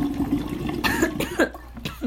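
Three or four short, harsh cough bursts over roughly two seconds, with a faint steady hum in the background. An acute cough from an adult who is sick, possibly with COVID or strep throat.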